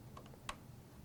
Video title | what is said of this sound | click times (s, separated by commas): GTX 970 + 400W PS Install - $300 Computer! - ASUS M32AD - Intel i3 @ 3.7GHz | and it snaps into place. | 0.5 s